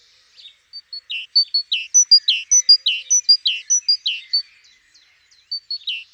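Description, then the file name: Great tit song, a rhythmic chain of high whistled notes each followed by a lower note, repeated briskly, then after a short pause a new phrase begins. "Parus major"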